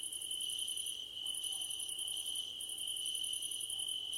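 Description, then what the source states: Cricket chorus with an unbroken high whine and fast, pulsing trill bursts that stop briefly and start again. Night-time cricket ambience under a starlit sky.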